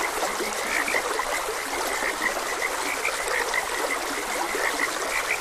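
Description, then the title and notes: Dense frog chorus: bright, quick croaks overlapping continuously, backed by steady flowing stream water. Frogs croaking beside a gentle stream. "Gentle Stream and Frogs Croaking. Sleep and Relaxation Podcast"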